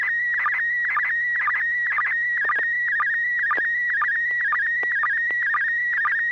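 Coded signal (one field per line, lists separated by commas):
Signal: SSTV (slow-scan television)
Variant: PD mode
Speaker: Let me see if the tone is working. Yes, sir. Good tone. Proceed. Okay, this is PD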